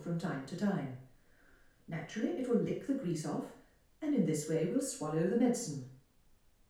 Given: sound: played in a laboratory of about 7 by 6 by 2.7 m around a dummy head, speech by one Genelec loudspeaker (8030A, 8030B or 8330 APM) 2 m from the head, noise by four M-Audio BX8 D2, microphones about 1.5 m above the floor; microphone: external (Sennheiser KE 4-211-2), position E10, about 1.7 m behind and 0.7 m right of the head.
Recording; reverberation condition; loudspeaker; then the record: female speech in English; medium; 120 degrees to the left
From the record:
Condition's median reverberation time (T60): about 510 ms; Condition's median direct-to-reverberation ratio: about -0.5 dB